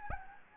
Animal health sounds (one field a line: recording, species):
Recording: mosquito wingbeat signal from an infrared sensor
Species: Anopheles gambiae